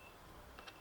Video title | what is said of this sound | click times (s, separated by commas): AC90 Camera Training | and then slide it down until it clicks in. | 0.6 s